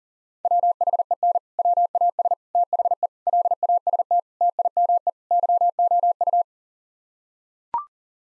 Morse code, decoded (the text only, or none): WHEN WAS THE LAST TIME YOU